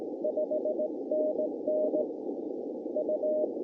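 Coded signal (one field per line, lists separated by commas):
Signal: Morse code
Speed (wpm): 18 wpm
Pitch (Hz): 620 Hz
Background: none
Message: 5NN U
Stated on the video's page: CW during a Parks on the Air activation.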